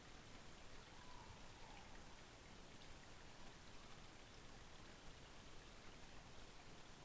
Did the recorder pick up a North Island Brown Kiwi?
no